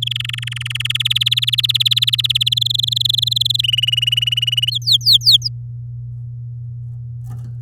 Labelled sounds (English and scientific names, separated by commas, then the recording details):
Domestic Canary (Serinus canaria) song
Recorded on 10 May 2018 at 10:47
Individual llb16